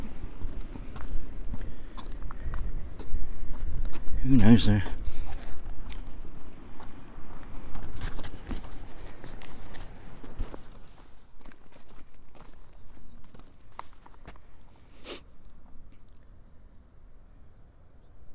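Footsteps crunch along the South West Coast Path with scattered sharp clicks and a brief scuffle near five seconds, growing quieter toward the end.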